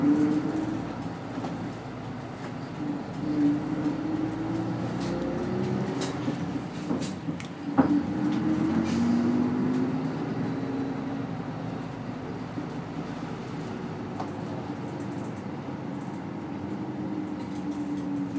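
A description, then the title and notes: A bus in Hakata hums steadily with a low engine drone, faint rattles and a few sharp clicks, a brief knock near eight seconds. Bus hakata.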